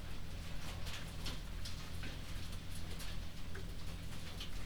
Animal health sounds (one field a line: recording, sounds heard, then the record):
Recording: poultry house recording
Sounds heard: no chicken sound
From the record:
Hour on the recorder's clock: 22